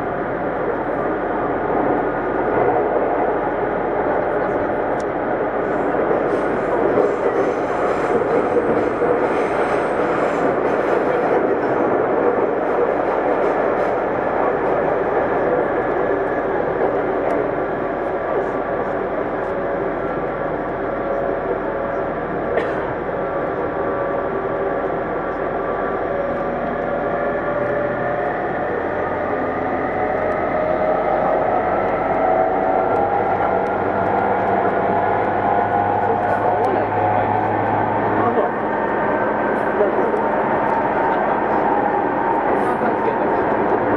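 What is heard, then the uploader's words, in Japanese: Steady, dense rumble inside a moving commuter train, with a motor whine that climbs in pitch past thirty seconds as the train speeds up. 東急2000系 渋谷〜あざみ野。急行運用を録音。車体9000系とほぼ同様のステンレス鋼製20m級軽量車体の4扉車である。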